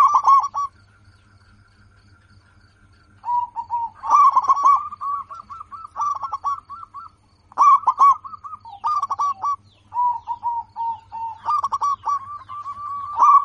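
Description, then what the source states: Zebra dove song: bursts of rapid, clipped cooing notes and longer runs of quick notes, pausing between bouts, over a faint steady hum. Local zebra dove, a lively, in-form singer with a clear, crystal-like loud voice.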